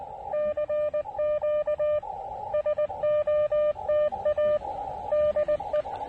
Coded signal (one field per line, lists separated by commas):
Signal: Morse code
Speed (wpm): 19 wpm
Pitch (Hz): 600 Hz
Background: none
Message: CQ SOTA DE